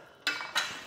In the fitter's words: and lock into place and as you can see you can have your entire bike carrier fully loaded